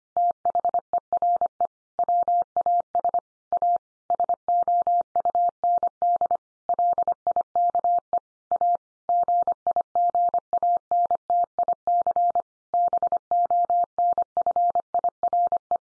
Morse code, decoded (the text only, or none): THERE WAS A SOUND LIKE A GIGANTIC BONFIRE